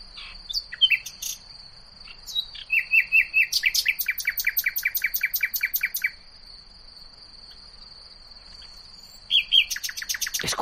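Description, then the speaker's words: Common Nightingale song: varied phrases of rapid repeated notes, a long pause, then a fresh burst, over a steady high tone. Ranked first in the top 20 songbirds of Spain in the book El orfeón olvidado; has 1,161 different notes and over 200 phrases. "O sea, el ruiseñor lo que tiene es muchos registros, ¿no?"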